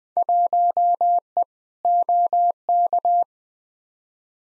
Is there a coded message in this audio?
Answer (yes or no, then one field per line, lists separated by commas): yes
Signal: Morse code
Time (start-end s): 0.2-3.2 s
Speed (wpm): 20 wpm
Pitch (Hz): 700 Hz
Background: none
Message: 1E OK